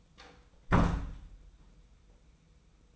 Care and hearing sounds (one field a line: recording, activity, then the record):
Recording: daily activity, microphone in the room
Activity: close door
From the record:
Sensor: 1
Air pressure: 990.5 hPa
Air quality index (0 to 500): 159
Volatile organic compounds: 1000 ppm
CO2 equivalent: 5802 ppm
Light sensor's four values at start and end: 32/73/32/34 and 33/74/32/34